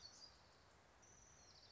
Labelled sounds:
Black-throated Gray Warbler
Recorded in Sonoma County, California

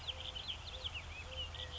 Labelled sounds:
California Quail
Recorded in Sonoma County, California

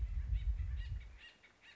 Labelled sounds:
Acorn Woodpecker
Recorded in Sonoma County, California

